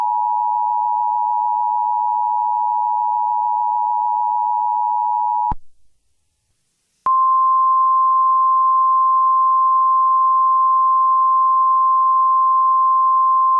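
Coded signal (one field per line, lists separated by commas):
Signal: Emergency Alert System (SAME) tones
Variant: 853 and 960 Hz attention tone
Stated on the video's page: Fictional entertainment EAS mock scenario using valid EAS tones; not a real alert.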